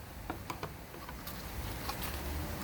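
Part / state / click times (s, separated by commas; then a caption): plastic access cover into the rear tail light trim panel / seated / 0.3 s, 0.5 s, 0.6 s. A plastic access cover over the tail light screws is pressed into the rear tail light trim panel of a salvage-yard Acura RDX. It snaps in with sharp clicks at 0.3, 0.5 and 0.6 seconds over a low background hum, and the cover is seated.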